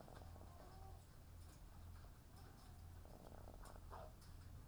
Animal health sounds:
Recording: poultry house recording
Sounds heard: sick chickens (respiratory disease)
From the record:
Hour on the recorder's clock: 17

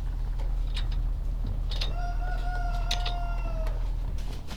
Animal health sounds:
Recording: poultry house recording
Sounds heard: sick chickens (respiratory disease)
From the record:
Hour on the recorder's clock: 17

